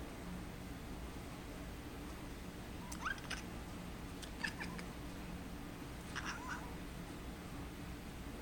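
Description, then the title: Cat giving a few short, faint meows, one rising sharply, spaced a few seconds apart over steady low hum and hiss. "Chatty Cats"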